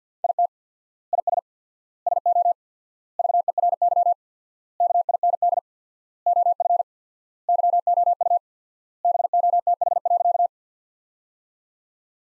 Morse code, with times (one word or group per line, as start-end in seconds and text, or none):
0.2-0.5 IT
1.1-1.4 IS
2.1-2.5 SO
3.2-4.1 VERY
4.8-5.6 KIND
6.3-6.8 OF
7.5-8.4 YOU
9.0-10.5 BOTH.